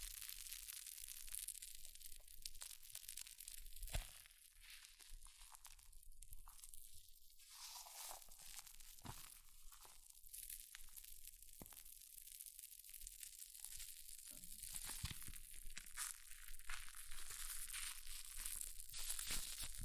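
Hair mousse fizzes in a dense, steady crackle of bright tiny pops, with brief louder crunches near four and nine seconds.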